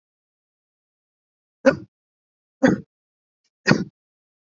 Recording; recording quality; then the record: shallow voluntary cough; excellent, no background noise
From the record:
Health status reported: respiratory illness, not identified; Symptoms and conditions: none ticked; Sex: male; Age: 22 years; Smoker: not ticked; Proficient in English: yes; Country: India